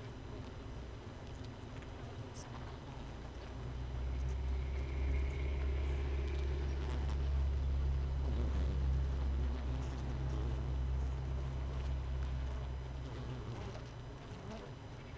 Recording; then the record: honeybee colony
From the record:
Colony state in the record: missing queen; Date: 31 May 2018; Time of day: 5:34